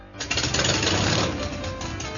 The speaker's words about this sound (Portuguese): Motos.